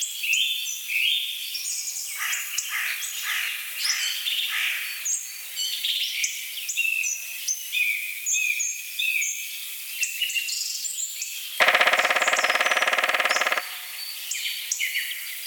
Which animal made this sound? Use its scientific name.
Dryocopus martius